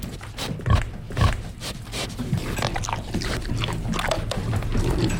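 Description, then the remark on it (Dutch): A pig on a farm smacking noisily as it eats: a steady run of wet, irregular chomps and clicks, with a few low grunty thumps early on, fairly loud throughout and with no talking. “Niet zo smakken, hè?”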